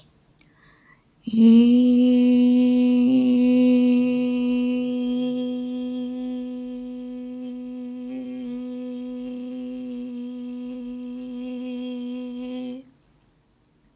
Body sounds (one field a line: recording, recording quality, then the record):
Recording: sustained vowel as in made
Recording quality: excellent, no background noise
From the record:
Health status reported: healthy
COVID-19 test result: not tested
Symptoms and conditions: none ticked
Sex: female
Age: 29 years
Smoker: not ticked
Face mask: not worn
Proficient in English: yes